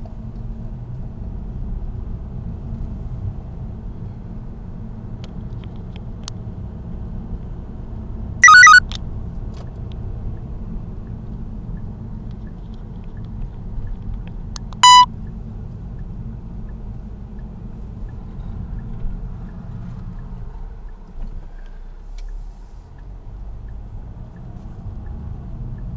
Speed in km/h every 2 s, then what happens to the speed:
25, 29, 31, 31, 32, 30, 26, 24, 22, 19, 11, 7, 12.
0-3 speeds up to 31. 3-9 steady at about 31. 9-21 slows to 7.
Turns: none.